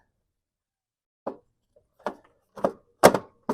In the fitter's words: Like that. There we go. Nope, didn't catch it.